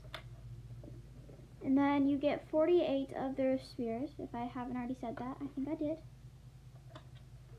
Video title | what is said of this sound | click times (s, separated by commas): Zuru XShot Chaos ✨ | you're going to pull this down until it clicks | 0.1 s